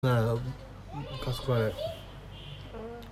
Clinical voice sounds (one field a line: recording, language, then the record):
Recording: elicited speech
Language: Bengali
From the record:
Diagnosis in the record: Broca's or global aphasia after a stroke